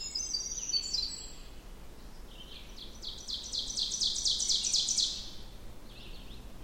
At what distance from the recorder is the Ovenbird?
about 40 m